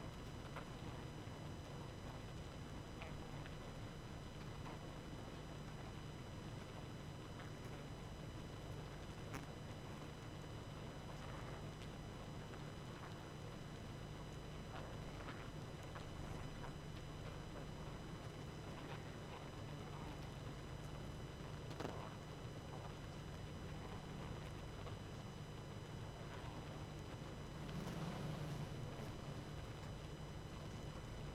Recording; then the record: honeybee colony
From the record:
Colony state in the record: active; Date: 12 June 2018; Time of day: 22:07